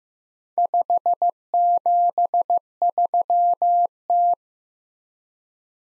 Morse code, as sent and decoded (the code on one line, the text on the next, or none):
..... --... ...-- -
573T